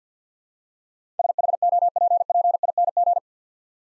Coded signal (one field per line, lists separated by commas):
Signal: Morse code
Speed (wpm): 50 wpm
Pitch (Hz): 700 Hz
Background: none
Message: SHOPPING